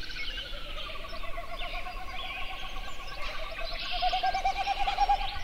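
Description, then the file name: Snipe producing a quick throbbing hooting series that rises and grows strongest near the end, amid a dense chorus of songbirds. "080621-0433 snipes"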